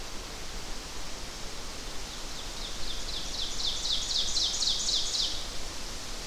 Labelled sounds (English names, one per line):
Ovenbird song